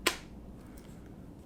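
The handle of a DJI Ronin RS 2 gimbal is pushed straight into the base of the gimbal's main body and seats with one sharp, loud click at 0.1 s. A much fainter tick follows around 0.8 s over quiet background hiss, and the handle is in place.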